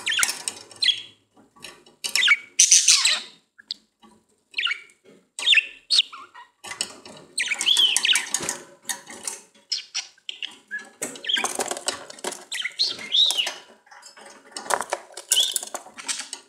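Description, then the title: Budgerigar chatter, scratchy squawks and chirps in irregular bursts throughout, with short quiet gaps. "Budgie Sounds"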